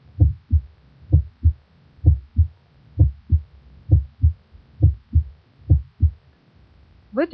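Normal adult heart sounds heard by stethoscope at the left sternal border, a steady rhythm of about 65 beats per minute. The first and second heart sounds are about equal in loudness at this point, which is used to assess the aortic valve.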